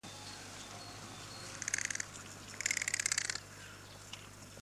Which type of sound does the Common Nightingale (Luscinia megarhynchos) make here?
alarm call